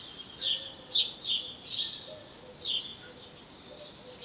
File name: Passer domesticus